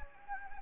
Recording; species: mosquito wingbeat signal from an infrared sensor; Anopheles gambiae